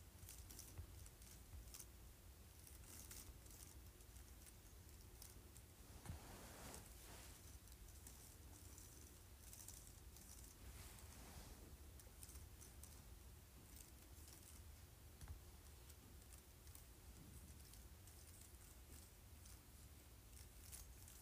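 Fingers run lightly across a keyboard, making a steady, dense patter of soft clicks and rustles with no real pauses. Small bright ticks come quickly and irregularly throughout, over a constant low rumble, with a few slightly louder sweeps near six and eleven seconds.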